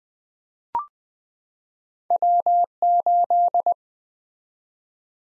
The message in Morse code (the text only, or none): W8